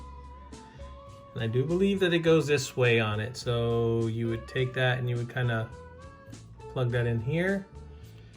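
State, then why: Not seated. A plastic visor accessory is handled and its side tab plugged toward the head of a plastic action figure while someone talks over quiet background music. No snap is heard, and nothing has seated or clicked yet.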